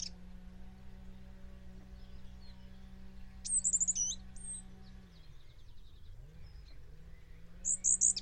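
Bird calls: a quick cluster of high chirps midway, then a short run of bright notes at the end, over a low droning hum.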